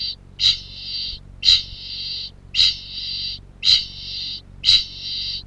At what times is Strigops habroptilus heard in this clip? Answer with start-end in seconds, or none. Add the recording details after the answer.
0.00-5.47. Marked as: faintness 1/5. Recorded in New Zealand. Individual Piripi